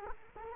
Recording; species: mosquito wingbeat signal from an infrared sensor; Culex quinquefasciatus